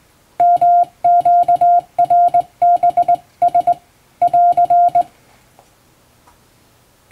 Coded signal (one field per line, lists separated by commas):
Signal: Morse code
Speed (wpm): 21 wpm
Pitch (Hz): 700 Hz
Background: none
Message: MQRBS <AR>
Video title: 【Radio operator morse code training】This is Morse code practice video. There is morse exam in japan.